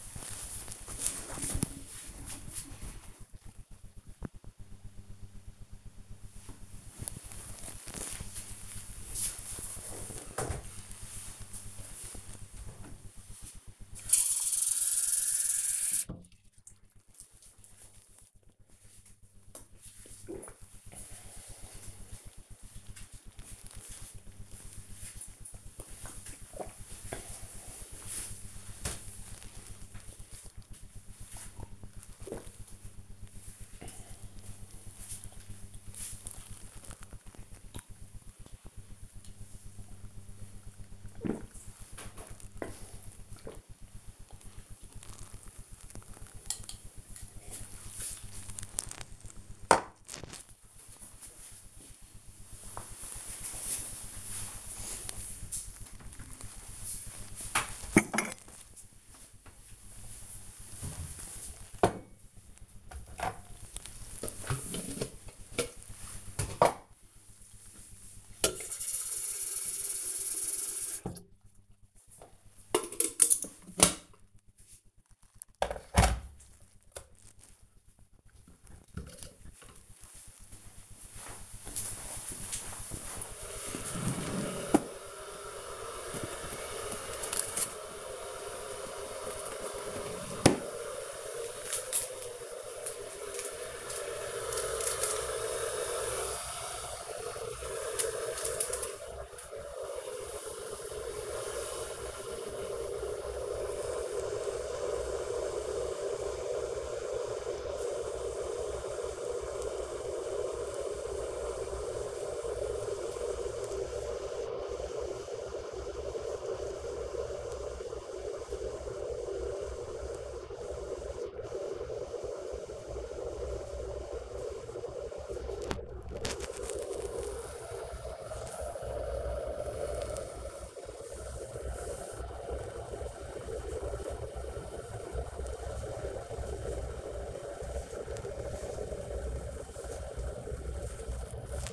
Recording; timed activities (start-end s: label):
household activities, microphone on the right wrist
12.26-48.53 s: drinking
55.60-141.73 s: making tea